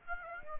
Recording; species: mosquito wingbeat signal from an infrared sensor; Aedes aegypti